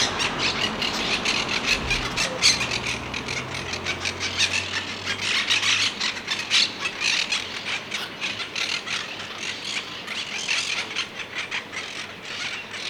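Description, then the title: Monk parakeet squawks: rapid, harsh chattering screeches from several birds, with a low hum underneath. Heard from a balcony; the birds were seen playing, eating and working, and they scream loudly. "Cotorra De Pit Gris"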